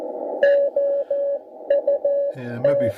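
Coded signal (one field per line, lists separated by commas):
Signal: Morse code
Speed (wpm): 14 wpm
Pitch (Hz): 560 Hz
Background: speech, radio noise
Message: OUT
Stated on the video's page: CW on the 80 m band, 3.500–3.800 MHz, received on a Tecsun S2200-x with end-fed antenna and internal loop.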